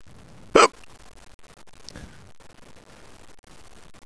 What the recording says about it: I have the hiccups. They're pretty bad. They're pretty annoying right now.